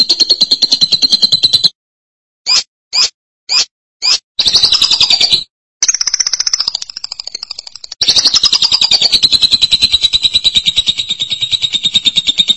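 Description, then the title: Lovebird alternating rapid buzzy trills with a run of four short sharp chirps, then a softer wavering passage and a final long chattering trill. "BM Suara Burung Lovebird"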